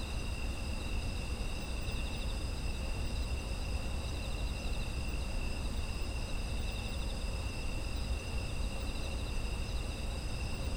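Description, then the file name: Continuous insect chirring at several high pitches, even and unchanging for the whole stretch, with a low droning rumble below. Autumn insect ambient sound. "秋の虫の環境音"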